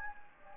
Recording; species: mosquito wingbeat signal from an infrared sensor; Anopheles gambiae